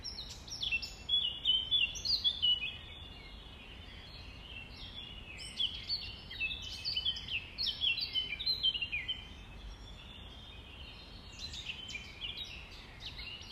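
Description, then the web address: Nightingale song: bursts of rapid chirps and trills, separated by quieter pauses. Recorded at dawn, 05:33, on 5 May 2020. "20200505-053342. 2020 05 06 nightingales"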